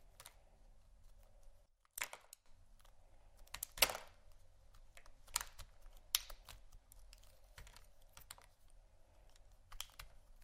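Soap and candle carving: a quiet stream of small, sharp clicks and short scraping strokes at an irregular, typing-like pace. A brief silence comes just before 2 seconds, and the loudest scrape lands near 4 seconds. A faint low hum runs underneath.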